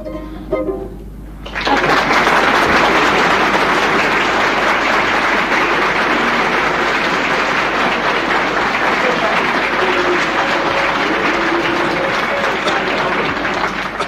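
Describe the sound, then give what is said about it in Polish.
After a brief quiet moment, loud sustained applause erupts from a concert audience that will not let the singer leave the stage, a dense steady roar of clapping that continues without letting up to the end. “Burza braw i specjalnie te brawa dla państwa tutaj zachowuję każdorazowo.”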